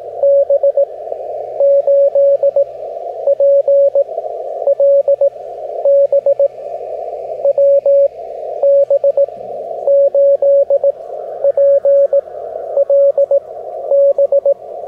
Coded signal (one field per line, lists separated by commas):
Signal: Morse code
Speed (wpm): 18 wpm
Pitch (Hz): 560 Hz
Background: radio noise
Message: B8PLB W B8PLB